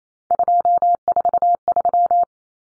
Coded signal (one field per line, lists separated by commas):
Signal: Morse code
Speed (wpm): 28 wpm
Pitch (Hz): 700 Hz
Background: none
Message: 243